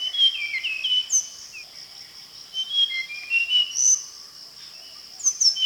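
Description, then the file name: Mangrove blue flycatcher song of sweet, clear whistled notes, some sliding down and some rising, given in short phrases over a steady high insect-like drone. "sikatan bakau"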